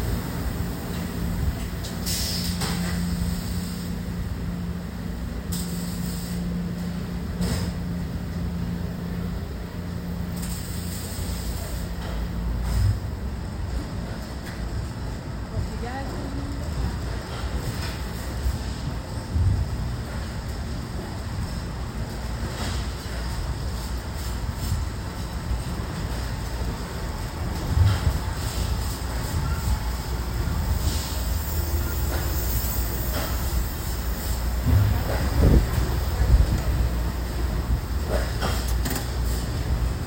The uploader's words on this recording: You'll hear the sound of tools and materials being gathered and arranged, as the team prepares to begin their work. The sounds of people working together, discussing and collaborating, are a harmonious melody that creates a feeling of unity and progress.